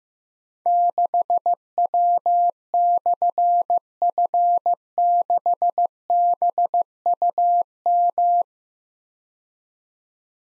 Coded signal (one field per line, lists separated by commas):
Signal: Morse code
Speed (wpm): 15 wpm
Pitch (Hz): 700 Hz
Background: none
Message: 6W/F6BUM